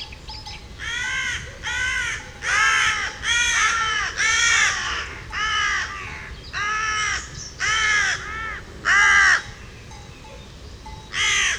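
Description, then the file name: Carrion crow cawing, a steady series of harsh broad caws with short gaps between them. "Corvus corone"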